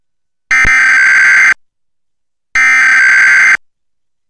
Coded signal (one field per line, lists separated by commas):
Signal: Emergency Alert System (SAME) tones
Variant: header bursts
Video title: TWC Local on the 8's + National EAS | 1:18pm 8-11-2021